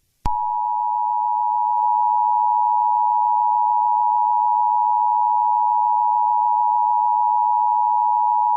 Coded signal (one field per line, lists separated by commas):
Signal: Emergency Alert System (SAME) tones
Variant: 853 and 960 Hz attention tone